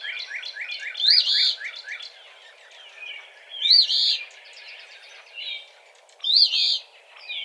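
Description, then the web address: Eastern phoebe singing a scratchy fee-bee three times at intervals of about two and a half seconds, with rapid chattering notes, mostly early on. Recorded on 17 March 2007. "Eastern Phoebe 2007 03 17"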